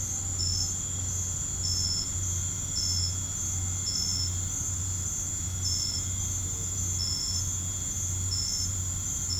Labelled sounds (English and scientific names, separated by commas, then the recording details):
none
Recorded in pastures near Puerto Asís, Putumayo, Colombia, on 15 December 2024 at 01:00
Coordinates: 0.505, -76.324
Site G063